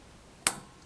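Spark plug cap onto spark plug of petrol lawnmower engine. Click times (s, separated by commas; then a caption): 0.5 s. A rubber HT lead cap is pushed onto the spark plug terminal of a Mac Allister petrol lawnmower engine. It gives a single sharp, bright click at 0.5 s that fades quickly in quiet surroundings. The cap is seated, making a definite connection between the plug and the ignition coil.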